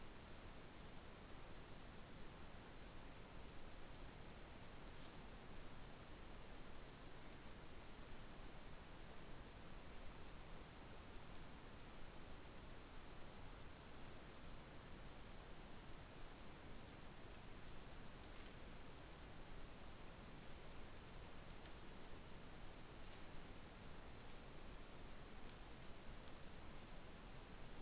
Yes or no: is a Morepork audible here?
no